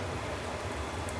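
A small plastic clip piece is being pushed into the shoulder of a Bandai Star Wars Darth Vader model kit to attach the shoulder pad. Only a steady, broadband hiss over a low hum is heard, with no distinct snap. Nothing has seated or clicked yet.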